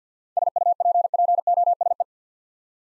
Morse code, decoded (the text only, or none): SUPPOSE